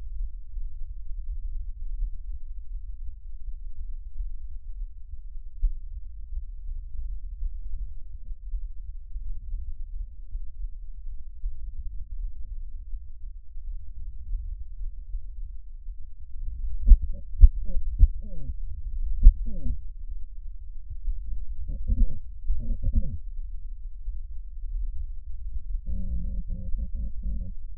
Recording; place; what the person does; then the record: lung sounds by stethoscope; trachea; quiet breathing, then cough and speech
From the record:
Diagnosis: COPD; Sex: female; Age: 72 years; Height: 156 cm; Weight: 72 kg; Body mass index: 29.6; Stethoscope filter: bell mode